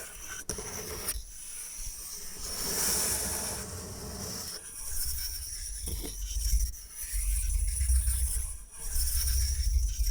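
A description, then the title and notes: Bamboo is scratched and brushed, a dry hissing rasp that swells and fades in uneven strokes, brightest between two and four seconds. Low rumbling handling noise runs underneath, with a few sharp clicks near the start and around six and nine seconds. ASMR Brain Tingling Bamboo Tapping, Scratching and Brushing Sounds for Sleep (No Talking).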